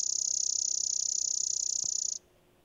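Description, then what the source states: Chipping sparrow trill: a very rapid, dry run of high chips on one even pitch, lasting about two seconds before stopping abruptly. A really rapid series of chips; singing rate varies between individuals, and a single bird may sing slower or faster.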